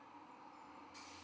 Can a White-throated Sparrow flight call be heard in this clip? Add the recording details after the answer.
no. No flight call is heard. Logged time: 21:53 on 23 November 2014